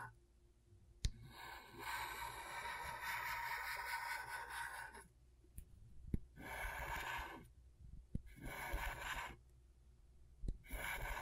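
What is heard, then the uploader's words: Scratching on scratchboard comes in bursts: a long gritty scrape from about one to five seconds, then shorter strokes near six, eight and after ten seconds. The scraping is bright and hissy over a low steady hum, with sharp ticks where the tool lands. ASMR Brain Tingling Scratchboard (No Talking).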